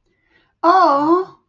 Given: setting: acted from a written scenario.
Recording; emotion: vocal sound without words; adoration